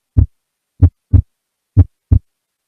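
Heart sounds from a heart sound simulator with wide splitting of S2, the split equally wide in both inspiration and expiration. This is typically found in right bundle branch block (RBBB) or pulmonary stenosis.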